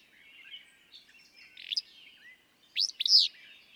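Willow flycatcher delivering a short buzzy note and then a sneezy two-part phrase, with quiet chirps of other birds in the background.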